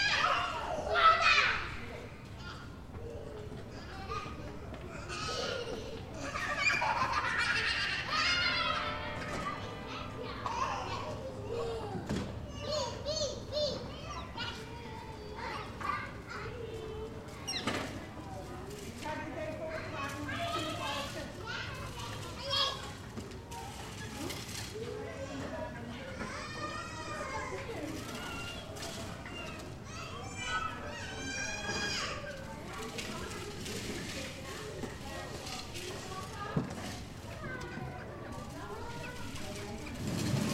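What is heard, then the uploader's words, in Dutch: Children's voices fill a daycare center without pause: chatter, calls and bright high shouts overlapping throughout. A few louder cries stand out, notably near the start and around six to nine seconds, over a steady low murmur and scattered knocks. Kinderdagverblijf/Daycare Center Den Haag. My neighbors. Recorded with the Zoom's internal mics.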